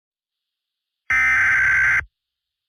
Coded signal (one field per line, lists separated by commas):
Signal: Emergency Alert System (SAME) tones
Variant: header bursts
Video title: EAS Scenario: The Deadly 2029 Virus (Part 1/2)